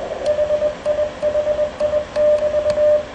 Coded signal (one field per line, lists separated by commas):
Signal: Morse code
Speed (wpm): 21 wpm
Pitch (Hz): 600 Hz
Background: radio noise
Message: HIHI<BT>